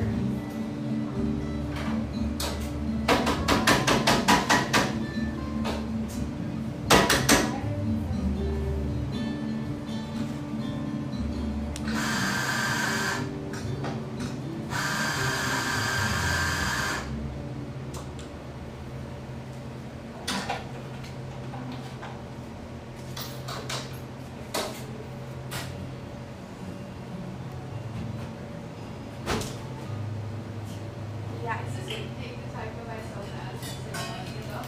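Café sounds from a little drip coffee joint: a steady low murmur of talk and clatter runs throughout. Quick bursts of clinking dishes come around 3–5 and 7 seconds, and two loud hissing blasts, like a steamer, at about 12 and 15–17 seconds.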